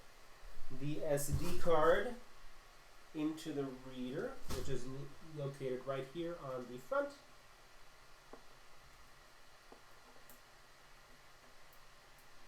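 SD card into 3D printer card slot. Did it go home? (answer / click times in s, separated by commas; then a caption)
yes / 10.3 s. Someone talks, then an SD card is pushed into the card slot of a Lotmaxx SC-10 3D printer until it latches. A small, quiet click is heard at 10.3 s, and the card is seated.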